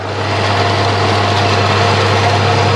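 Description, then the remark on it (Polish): A Frania washing machine from the Polish People's Republic era, over 50 years old and still working, shown among exhibits in a PRL section. It runs steadily with a loud, constant motor hum and a strong low drone, plus a grainy mechanical whir, unchanging for a few seconds with no talking. “Tutaj mówimy o tych czasach, gdzie pojawiła się na przykład pralka Frania, która ma 50 lat przeszło i do dzisiejszego dnia nam działa, więc teraz zaprezentuję jej dźwięk.”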